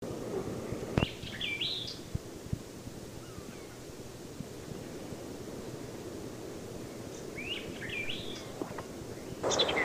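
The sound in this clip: White-eyed vireo song: two quick, sharp phrases of slurred whistles and chips, one early and one later, over background noise with a few clicks.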